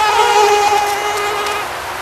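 Mosquito gives a loud, even whine at a steady pitch that fades slightly over two seconds.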